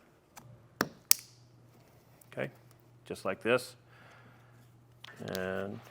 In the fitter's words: those inserted until it clicks